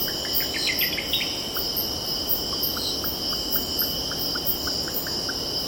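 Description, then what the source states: Cicadas stridulating in a steady high buzzing drone, with short pulsed ticks above, a bird giving quick rising whistled notes, and a soft ocean-like wash underneath. Cicadas stridulating, with birds calling and distant ocean in background.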